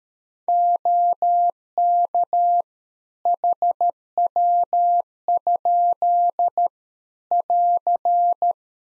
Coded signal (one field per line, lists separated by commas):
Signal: Morse code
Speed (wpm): 13 wpm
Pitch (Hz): 700 Hz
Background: none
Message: OK HW? <AR>